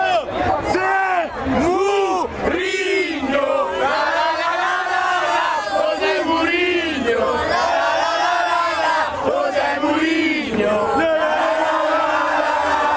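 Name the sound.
football fans chanting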